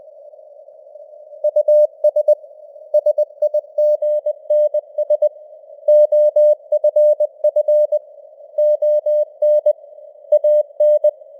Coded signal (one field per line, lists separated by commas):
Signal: Morse code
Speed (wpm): 20 wpm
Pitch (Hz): 600 Hz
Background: none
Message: US SIGNS OFF ON AN